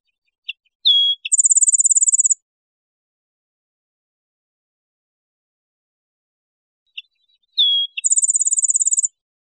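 Rufous-winged sparrow giving two song phrases separated by silence, each a couple of sharp chips around a short downslurred whistle leading into a quick, high, steady trill.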